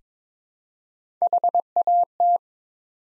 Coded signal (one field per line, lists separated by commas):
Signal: Morse code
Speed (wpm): 22 wpm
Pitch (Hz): 700 Hz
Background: none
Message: HAT